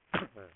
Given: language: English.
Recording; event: throat vibration sensor signal played as sound; cough